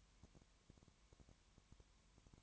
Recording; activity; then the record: daily activity, microphone in the room; no activity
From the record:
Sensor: 3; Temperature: 20.1 degrees Celsius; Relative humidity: 31.4%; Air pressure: 1001.3 hPa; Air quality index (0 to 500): 73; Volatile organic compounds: 1 ppm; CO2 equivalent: 686 ppm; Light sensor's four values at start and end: 2/3/2/2 and 2/3/2/2